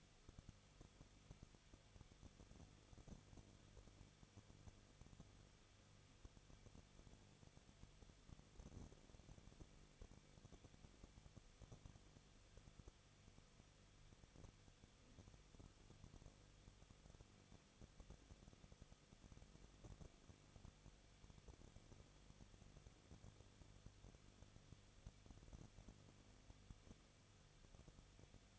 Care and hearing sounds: daily activity, microphone in the room; no activity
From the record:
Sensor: 4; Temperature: 23.0 degrees Celsius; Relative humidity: 34.1%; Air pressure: 1007.4 hPa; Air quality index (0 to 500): 212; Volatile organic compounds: 14 ppm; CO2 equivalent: 2444 ppm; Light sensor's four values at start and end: 2/3/1/1 and 2/3/1/1

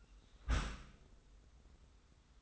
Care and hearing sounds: daily activity, microphone in the room; close dishwasher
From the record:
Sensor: 3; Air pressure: 990.4 hPa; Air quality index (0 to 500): 194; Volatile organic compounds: 1000 ppm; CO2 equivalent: 6352 ppm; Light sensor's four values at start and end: 38/89/36/34 and 38/89/36/34

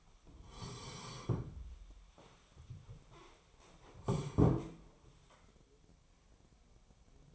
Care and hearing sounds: daily activity, microphone in the room; sit down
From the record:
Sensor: 1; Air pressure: 1015.2 hPa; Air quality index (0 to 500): 196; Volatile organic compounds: 22 ppm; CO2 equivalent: 2744 ppm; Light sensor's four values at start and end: 10/25/10/11 and 13/31/13/14

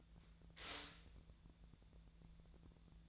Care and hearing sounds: daily activity, microphone in the room; stop toaster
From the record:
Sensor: 3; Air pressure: 1000.2 hPa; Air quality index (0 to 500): 158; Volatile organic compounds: 3 ppm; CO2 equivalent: 1393 ppm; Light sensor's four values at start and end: 33/84/35/38 and 33/85/35/38

